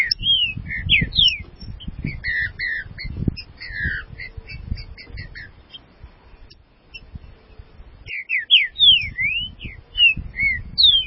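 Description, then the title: Green-winged saltator song, quick bright whistled phrases in two bursts separated by a quieter gap, over low rumbling noise. "Trinca Ferro"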